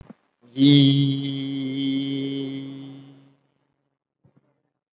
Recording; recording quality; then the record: sustained vowel as in beet; excellent, no background noise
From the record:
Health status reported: COVID-19 positive, moderate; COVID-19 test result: positive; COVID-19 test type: RT-PCR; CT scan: not taken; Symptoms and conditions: cough, cold, breathing difficulty, fatigue, muscle pain, diabetes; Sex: male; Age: 53 years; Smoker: no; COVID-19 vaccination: one dose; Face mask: worn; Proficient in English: no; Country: India